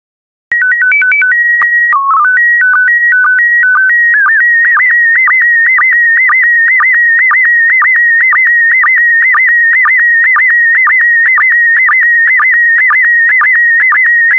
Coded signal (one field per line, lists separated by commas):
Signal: SSTV (slow-scan television)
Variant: PD 120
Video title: 15045 China and Tibet SSTV PD120